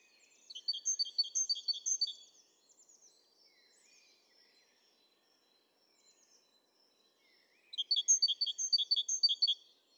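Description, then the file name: Great tit: two bursts of rapid, high, bouncing notes, separated by a pause with faint soft twitters. "Parus major"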